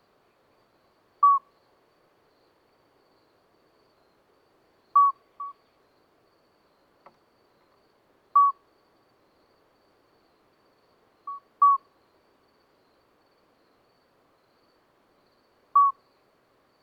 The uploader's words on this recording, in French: Lesches en diois - Nagra seven - mkh40. Après deux jours de pluie la végétation ruisselle et sonne d'une petite note toute la nuit. C'est le chant discret de deux petits crapauds, l'Alyte accoucheur (Alytes obstetricans) qui vont ainsi chanter jusqu'au lever du jour.